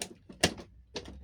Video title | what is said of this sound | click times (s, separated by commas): GPU Install guide | click. There we go. | 0.4 s